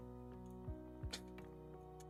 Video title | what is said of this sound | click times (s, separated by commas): My FIRST VORON TRIDENT BUILD!! Part 2 Rails and Printed Parts! | remember wait for the Click Click that's how you know it's torqued | 1.1 s